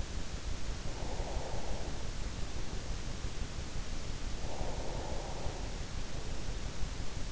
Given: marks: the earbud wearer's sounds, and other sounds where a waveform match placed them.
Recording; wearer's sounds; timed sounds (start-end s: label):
sounds in sleep by an in-ear microphone; breath
0.82-3.03 s: breath
4.45-6.49 s: breath